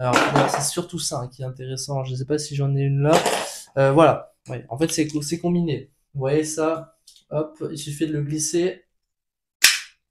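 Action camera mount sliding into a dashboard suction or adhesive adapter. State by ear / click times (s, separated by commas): seated / 9.6 s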